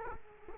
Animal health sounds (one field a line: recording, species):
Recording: mosquito wingbeat signal from an infrared sensor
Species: Culex quinquefasciatus